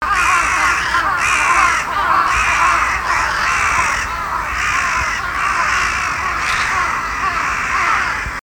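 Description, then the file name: Carrion crow giving loud, harsh, hoarse caws, repeated roughly once a second in an almost continuous run. "hasiboso"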